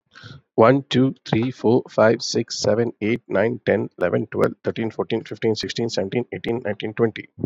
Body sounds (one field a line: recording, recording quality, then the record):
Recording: counting at a fast pace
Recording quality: excellent, no background noise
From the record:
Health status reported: COVID-19 positive, mild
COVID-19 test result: positive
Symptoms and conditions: cold, fatigue, loss of smell and taste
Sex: male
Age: 34 years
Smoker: yes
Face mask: not worn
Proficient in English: yes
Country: India